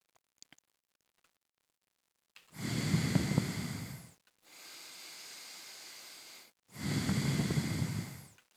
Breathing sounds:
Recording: nose breathing near a microphone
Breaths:
2.34-4.24 s: exhalation
4.24-6.54 s: inhalation
6.54-8.34 s: exhalation
8.34-8.56 s: inhalation
From the record:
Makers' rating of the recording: medium

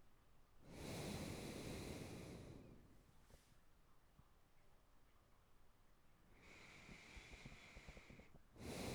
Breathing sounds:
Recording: nose breathing near a microphone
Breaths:
0.66-2.73 s: exhalation
6.35-8.58 s: inhalation
8.58-8.95 s: exhalation
From the record:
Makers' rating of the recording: good

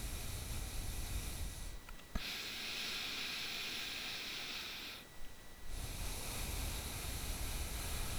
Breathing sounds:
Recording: nose breathing near a microphone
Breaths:
0.00-1.92 s: exhalation
1.92-5.31 s: inhalation
5.31-8.19 s: exhalation
From the record:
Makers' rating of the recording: bad

